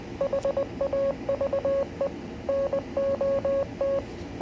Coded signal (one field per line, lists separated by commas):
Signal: Morse code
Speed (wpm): 20 wpm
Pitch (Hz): 550 Hz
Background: none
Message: HAVE NOT